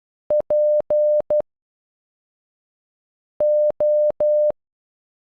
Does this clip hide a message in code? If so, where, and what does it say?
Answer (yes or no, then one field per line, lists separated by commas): yes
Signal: Morse code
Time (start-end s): 0.3-4.5 s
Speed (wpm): 11 wpm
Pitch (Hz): 600 Hz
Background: none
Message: PO